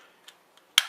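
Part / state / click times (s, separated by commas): AC adapter plug head into adapter body / seated / 0.8 s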